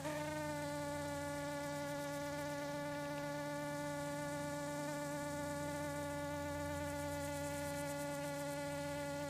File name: Eristalis tenax - hovering